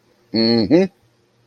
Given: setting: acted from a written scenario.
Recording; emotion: vocal sound without words; contentment